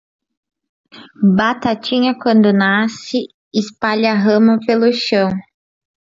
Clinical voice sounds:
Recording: short text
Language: Brazilian Portuguese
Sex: female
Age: 20 to 29 years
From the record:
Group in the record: control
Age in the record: 25 years

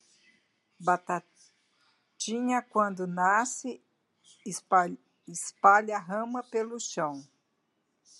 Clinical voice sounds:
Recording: short text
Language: Brazilian Portuguese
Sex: female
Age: 70 to 79 years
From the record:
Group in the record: control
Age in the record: 74 years

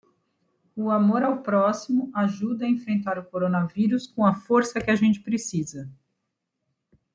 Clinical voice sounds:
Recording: spoken sentence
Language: Brazilian Portuguese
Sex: female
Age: 40 to 49 years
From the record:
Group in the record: control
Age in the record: 48 years

